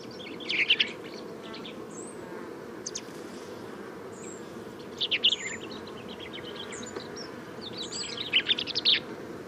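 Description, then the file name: Common chaffinch calls: short, high chirps in clustered bursts, with scattered thin notes, over a constant low buzzing hum. "Fringilla coelebs"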